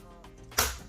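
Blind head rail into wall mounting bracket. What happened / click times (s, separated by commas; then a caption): The head rail latched into its mounting bracket / 0.6 s. The head rail of a window blind is rotated up into its wall mounting bracket until the rear latch clicks. After a quiet stretch with a faint knock near 0.2 s, a sharp, bright click sounds at 0.6 s and fades over the next few tenths of a second. That side of the head rail is seated in the bracket.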